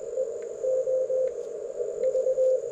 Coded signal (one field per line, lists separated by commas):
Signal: Morse code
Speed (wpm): 21 wpm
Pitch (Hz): 530 Hz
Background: none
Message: E O V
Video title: Easy Wire Vertical 3 Bands and No Balun